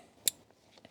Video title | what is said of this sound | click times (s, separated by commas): HSP ROLL R COVER Install - BEST Roller Shutter out there? - Isuzu DMAX X-TERRAIN Build Series #40 | that'll click in there just like that once you've got that in place I'd recommend just leaving | 0.3 s